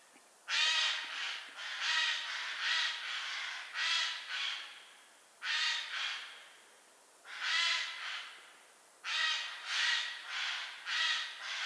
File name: Garrulus glandarius